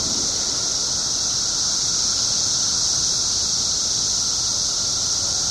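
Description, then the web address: Periodical cicadas give an unbroken shrill, buzzing chorus at constant loudness over a faint low rumble. 17-year cicadas, recorded 21 June 2007 at 5:05 pm. "cicadas 6 21 07 5 ' 05 pm 17 yrcicada"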